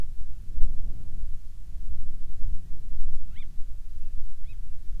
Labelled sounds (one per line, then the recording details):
bird
wind
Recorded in the Prudhoe Bay oil fields, Alaska, on 10 July 2019 at 13:48
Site 14